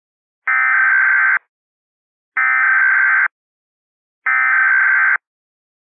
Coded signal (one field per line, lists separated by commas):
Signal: Emergency Alert System (SAME) tones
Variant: header bursts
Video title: The Year of The End - An EAS Scenario